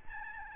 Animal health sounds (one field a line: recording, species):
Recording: mosquito wingbeat signal from an infrared sensor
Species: Aedes albopictus